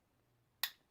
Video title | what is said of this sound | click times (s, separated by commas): SPYDERCO BEST EDC NATIVE 5 VS MANIX 2 LIGHTWEIGHT REVIEW | it's going to lock into place. | 0.6 s